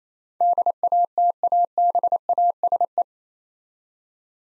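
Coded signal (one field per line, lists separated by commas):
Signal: Morse code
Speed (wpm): 28 wpm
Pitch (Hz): 700 Hz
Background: none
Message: DATABASE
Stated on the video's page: Morse head-copy practice of eight-letter words at 28 wpm; each word sent, spoken, then sent again.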